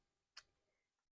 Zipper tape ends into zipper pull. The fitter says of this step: that should be perfect and when you can see that they're lined up you felt that little click